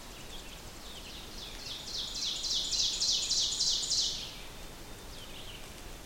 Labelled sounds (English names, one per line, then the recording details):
Ovenbird song
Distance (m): 40 m
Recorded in boreal forest in Alberta, Canada, on 6 June 2016 at 07:57
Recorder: SongMeter 3, array SBT-3-51
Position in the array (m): 227 m, 155 m
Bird 28